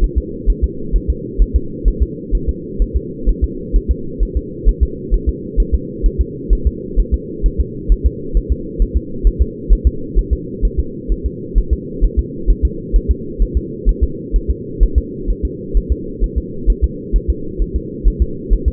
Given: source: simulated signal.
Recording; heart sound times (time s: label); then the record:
fetal heart sounds
0.04 s: S1
0.18 s: S2
0.50 s: S1
0.64 s: S2
0.96 s: S1
1.10 s: S2
1.42 s: S1
1.56 s: S2
1.88 s: S1
2.02 s: S2
2.35 s: S1
2.49 s: S2
2.82 s: S1
2.96 s: S2
3.29 s: S1
3.44 s: S2
3.76 s: S1
3.91 s: S2
4.23 s: S1
4.37 s: S2
4.69 s: S1
4.83 s: S2
5.14 s: S1
5.29 s: S2
5.60 s: S1
5.75 s: S2
6.06 s: S1
6.21 s: S2
6.53 s: S1
6.67 s: S2
7.00 s: S1
7.14 s: S2
7.46 s: S1
7.61 s: S2
7.92 s: S1
8.06 s: S2
8.37 s: S1
8.52 s: S2
8.82 s: S1
8.97 s: S2
9.27 s: S1
9.42 s: S2
9.72 s: S1
9.87 s: S2
10.19 s: S1
10.33 s: S2
10.65 s: S1
10.79 s: S2
11.12 s: S1
11.26 s: S2
11.58 s: S1
11.73 s: S2
12.04 s: S1
12.19 s: S2
12.50 s: S1
12.65 s: S2
12.96 s: S1
13.11 s: S2
13.42 s: S1
13.57 s: S2
13.89 s: S1
14.03 s: S2
14.36 s: S1
14.51 s: S2
14.83 s: S1
14.98 s: S2
15.30 s: S1
15.45 s: S2
15.77 s: S1
15.92 s: S2
16.24 s: S1
16.38 s: S2
16.70 s: S1
16.84 s: S2
17.16 s: S1
17.30 s: S2
17.62 s: S1
17.76 s: S2
18.07 s: S1
18.22 s: S2
18.53 s: S1
18.68 s: S2
From the record:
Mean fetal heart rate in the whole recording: 130 bpm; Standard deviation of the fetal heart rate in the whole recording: 2 bpm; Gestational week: 36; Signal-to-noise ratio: -4.3 dB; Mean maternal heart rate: 72 bpm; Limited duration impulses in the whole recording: absent